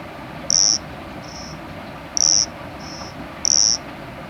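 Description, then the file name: High, pure cricket chirps, three loud ones about one and a half seconds apart with a weaker, softer chirp between each pair, over quiet hiss. "Nesobia mjobergi"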